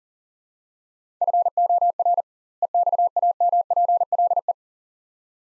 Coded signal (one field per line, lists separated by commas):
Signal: Morse code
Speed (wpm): 40 wpm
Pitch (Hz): 700 Hz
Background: none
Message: FOR EXAMPLE